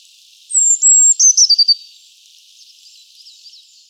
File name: Mėlynoji zylė - Eurasian Blue Tit - Cyanistes caeruleus caeruleus